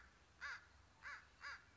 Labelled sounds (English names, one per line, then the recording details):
American Crow
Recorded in Sonoma County, California